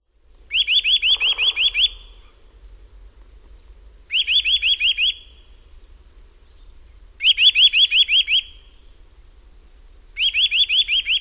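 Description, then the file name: Eurasian nuthatch song: fast series of about eight rising whistled notes, repeated four times with short pauses, faint low rumble beneath. "KOWALIK"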